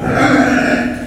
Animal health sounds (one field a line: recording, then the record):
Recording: squeal of a Yucatan mini pig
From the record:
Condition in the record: after surgery on the right vocal fold (resection and tissue-engineered implant)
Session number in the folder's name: 4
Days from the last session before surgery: 26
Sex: female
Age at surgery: 19 weeks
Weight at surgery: 25 kg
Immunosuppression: prednisolone